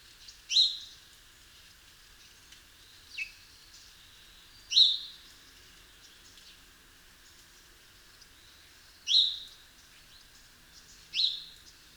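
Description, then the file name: House sparrow chirping: five short, sharp chirps at uneven intervals of about one and a half to four and a half seconds, the second call softer, with little else audible. "Passer domesticus"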